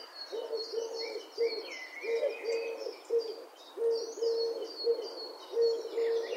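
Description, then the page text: Eurasian collared dove cooing repeatedly in steady phrases, with scattered high chirps and a thin whistle from other birds. "Голоса птиц - Горлица кольчатая"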